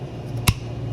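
A fixed-blade knife, just popped out one-handed, is pushed back into its formed Kydex sheath. The retention detent closes with a single sharp, bright click at 0.5 s over a steady low hum. The knife is seated in the sheath.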